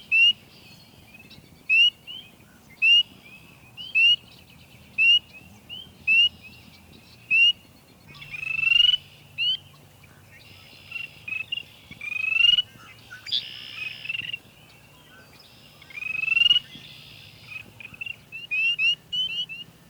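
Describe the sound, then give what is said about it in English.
A spring peeper tree frog gives shrill, high, upslurred peeps at a steady pace of about one per second in the evening, later joined by overlapping peeps in a denser chorus over a low background hum. “And a little tree toad, the peeper, starts his all-night serenade.”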